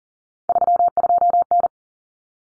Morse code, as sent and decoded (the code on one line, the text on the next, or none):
...-- ..--- -.
32N